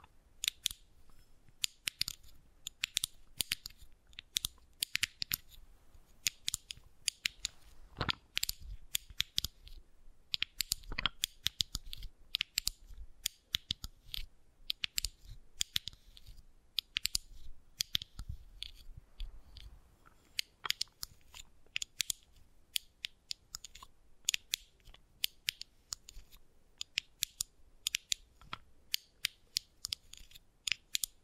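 Wooden balls click and knock together in quick, irregular bursts of sharp, bright taps that run the whole half minute. The hits come densely, sometimes in rapid clusters, with a few louder knocks near 8 and 11 seconds over a faint low hum.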